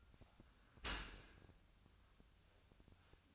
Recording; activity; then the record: daily activity, microphone in the room; open dishwasher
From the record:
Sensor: 2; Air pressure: 1006.6 hPa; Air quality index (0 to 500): 202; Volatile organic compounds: 14 ppm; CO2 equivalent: 2466 ppm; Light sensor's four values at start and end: 9/21/9/9 and 9/21/9/9